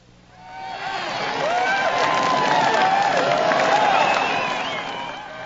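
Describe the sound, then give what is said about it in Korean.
A crowd in a film scene breaks into loud applause and cheering on learning that a man has given up on suicide, a dense wash of clapping that swells quickly after a quiet start, holds steady, then begins to ease off near the end. “아래에서는 버버가 자살을 포기한 걸 알고 일제히 박수를 터뜨립니다.”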